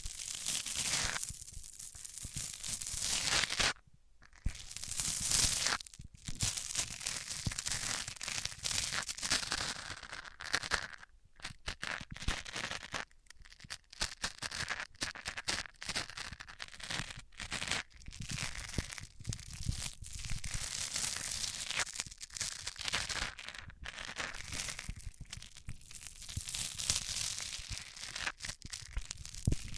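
Microphones rubbed across different surfaces make dense, scratchy crackling and tearing noise, with brief silent gaps near four, eleven and fourteen seconds.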